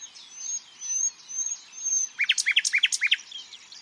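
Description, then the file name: Common nightingale song: a few faint, high, drawn-out whistles over the first two seconds, then a quick series of loud looping chirps. "Luscinia megarhynchos"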